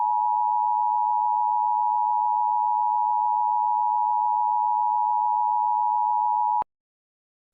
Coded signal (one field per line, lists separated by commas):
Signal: Emergency Alert System (SAME) tones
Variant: 853 and 960 Hz attention tone